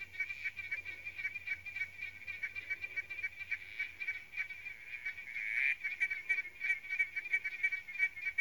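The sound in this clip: Victorian smooth froglet giving rapid, evenly spaced high-pitched pulsed notes, about three to four each second, with a brief louder rasp near the middle over a faint low hum.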